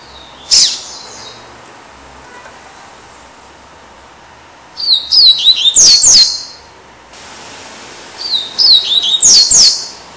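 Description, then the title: Double-collared Seedeater song: high slurred whistles in quick phrases ending with two emphatic downward notes, two phrases after a single sharp opening note. "Canto Coleiro"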